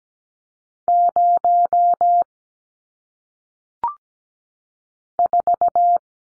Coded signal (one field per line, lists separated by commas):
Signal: Morse code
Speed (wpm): 17 wpm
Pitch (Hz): 700 Hz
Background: none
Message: 0 4